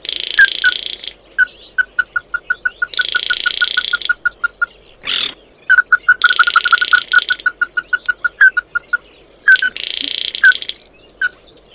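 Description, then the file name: Bird calls as quick strings of clear, clipped notes that pause and resume, with several loud buzzy drones overlapping. "Tieng chim mat do"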